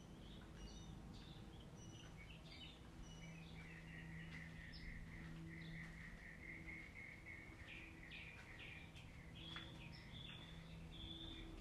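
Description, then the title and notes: Birds singing in a busy chorus of overlapping chirps, trills and sharp high notes, with a faint steady hum underneath. Birds singing in the morning. "birds 🐦 singing. Good Morning"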